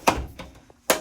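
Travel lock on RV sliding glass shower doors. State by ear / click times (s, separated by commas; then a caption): seated / 0.9 s. The travel lock on the sliding glass shower doors of a 2023 Jayco Greyhawk 27U RV is pushed down. Two thunks at 0.1 s and 0.4 s are followed by a sharp click at 0.9 s as the lock seats into place. The lock is engaged so it doesn't just sit on top and bounce off, which would let the glass doors slide around and risk breaking.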